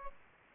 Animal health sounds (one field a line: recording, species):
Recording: mosquito wingbeat signal from an infrared sensor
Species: Aedes aegypti